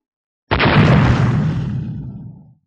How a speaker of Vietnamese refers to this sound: Ngay sau đó, trong lỗ thủng sâu hoắm đó, dưới năng lượng cột sáng được nén chặt, lập tức hình thành một vụ nổ tung cuối cùng.